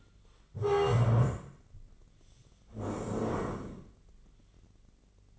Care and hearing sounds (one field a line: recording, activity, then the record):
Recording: daily activity, microphone in the room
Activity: stand up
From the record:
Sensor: 4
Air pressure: 1013.2 hPa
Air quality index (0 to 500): 174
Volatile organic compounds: 2 ppm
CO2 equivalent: 1101 ppm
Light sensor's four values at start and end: 48/119/50/53 and 47/117/49/52